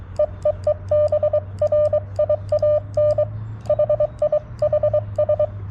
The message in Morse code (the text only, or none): EEE BRIAN HI HS